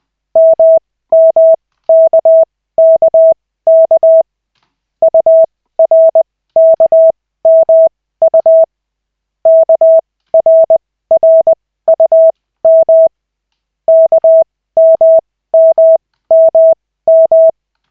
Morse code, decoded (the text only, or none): MMKKK URKMU KRRUM KMMMM